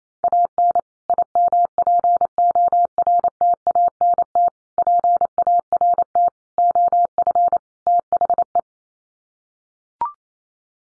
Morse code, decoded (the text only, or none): AN IMPORTANT PART OF THE